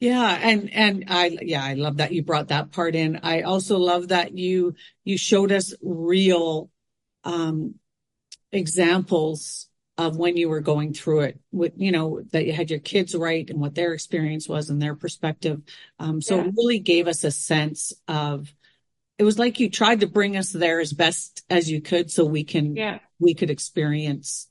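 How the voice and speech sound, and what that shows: One adult woman speaks fluently and warmly in conversation, with ordinary pauses and fillers; normal speech.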